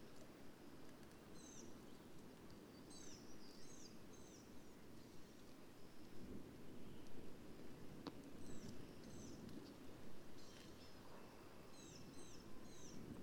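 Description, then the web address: Black-capped vireo song: short, high, twisting chattery phrases given in bursts throughout, over a steady low rumble of background noise. "birdsongforthecurious Black-capped Vireo"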